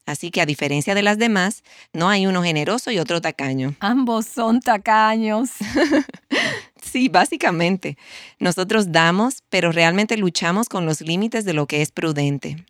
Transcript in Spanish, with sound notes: Así que, a diferencia de las demás, no hay uno generoso y otro tacaño.
Ambos son tacaños. (Risas)
Sí, básicamente. Nosotros damos, pero realmente luchamos con los límites de lo que es prudente.